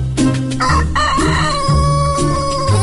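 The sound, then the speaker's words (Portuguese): A rooster crows loudly with a long, wavering, high-pitched call early in the morning in the countryside of Ceará, Brazil, layered over a steady low hum, with no talking. “o galo já cantou.”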